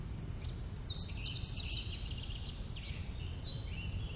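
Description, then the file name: Eurasian wren song, fainter rapid high trills and chattering notes over a noisy low rumble, a shorter burst trailing off at the end. "Troglodytes troglodytes"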